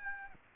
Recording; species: mosquito wingbeat signal from an infrared sensor; Aedes aegypti